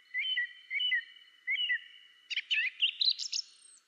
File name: drozd spiewak peter boesman. zanglijster